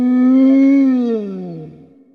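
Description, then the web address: Wolf howl, a loud sustained harmonic note holding steady, then sliding downward and trailing off over about two seconds. "Halloween audio hero Wolf"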